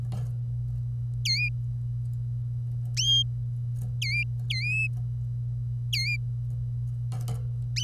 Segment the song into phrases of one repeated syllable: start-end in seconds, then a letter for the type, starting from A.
1.25-1.49 A, 4.02-4.23 A, 4.50-4.87 A, 5.93-6.16 A